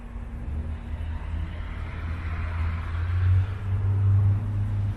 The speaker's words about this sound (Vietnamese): Thấy rõ không? Có tiếng kêu, tiếng kêu. Tiếng xe phải không?